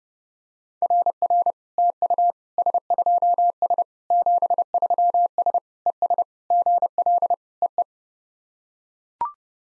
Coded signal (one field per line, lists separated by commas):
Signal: Morse code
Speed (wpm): 30 wpm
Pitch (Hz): 700 Hz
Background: none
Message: RR TU S2S 73S ES GL EE